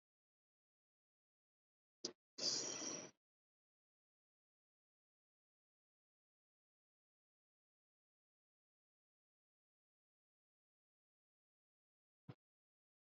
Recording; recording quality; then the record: deep breathing; excellent, no background noise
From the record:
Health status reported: healthy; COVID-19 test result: negative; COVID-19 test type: rapid antigen test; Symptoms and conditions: cough, fatigue, diarrhoea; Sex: male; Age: 25 years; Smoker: no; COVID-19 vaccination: both doses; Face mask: worn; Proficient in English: yes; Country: India